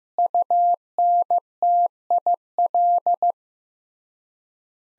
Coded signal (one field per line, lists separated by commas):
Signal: Morse code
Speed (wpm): 15 wpm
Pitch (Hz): 700 Hz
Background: none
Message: UNTIL